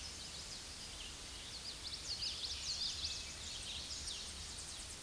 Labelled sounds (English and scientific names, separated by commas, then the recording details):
Common Yellowthroat (Geothlypis trichas) song
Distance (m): 25 m
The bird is about 5 m above the microphone
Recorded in a Pennsylvania forest on 16 May 2024 at 06:50
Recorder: AudioMoth, point MSD-0438
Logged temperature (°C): 14.5 °C
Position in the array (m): 85 m, 83 m